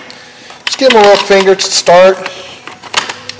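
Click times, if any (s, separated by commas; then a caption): 3.0 s. A wiring harness connector is pushed onto an engine computer module after the module has been bolted back in. Someone talks through most of the clip, then short sharp sounds follow near the end. The connector seats with a firm click at 3.0 s.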